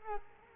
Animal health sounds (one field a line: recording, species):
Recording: mosquito wingbeat signal from an infrared sensor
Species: Culex quinquefasciatus